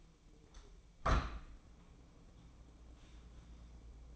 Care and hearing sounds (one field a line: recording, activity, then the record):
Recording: daily activity, microphone in the room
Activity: open window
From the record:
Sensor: 1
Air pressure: 1012.4 hPa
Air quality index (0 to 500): 170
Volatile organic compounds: 3 ppm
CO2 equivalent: 1380 ppm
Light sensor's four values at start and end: 151/337/149/157 and 152/341/151/158